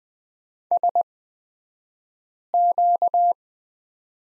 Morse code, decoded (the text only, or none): SQ